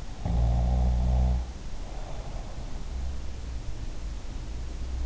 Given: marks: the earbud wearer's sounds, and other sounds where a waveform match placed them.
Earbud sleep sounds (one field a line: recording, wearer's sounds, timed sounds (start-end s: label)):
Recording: sounds in sleep by an in-ear microphone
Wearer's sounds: snoring breath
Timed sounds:
0.11-2.39 s: snoring breath